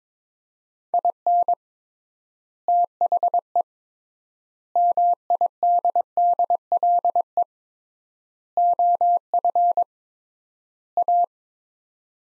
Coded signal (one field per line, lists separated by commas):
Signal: Morse code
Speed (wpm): 22 wpm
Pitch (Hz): 700 Hz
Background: none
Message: IN THE MIDDLE OF A